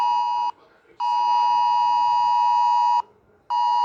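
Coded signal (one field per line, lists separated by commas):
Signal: Emergency Alert System (SAME) tones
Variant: 853 and 960 Hz attention tone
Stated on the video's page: Mock EAS test alert played on a phone.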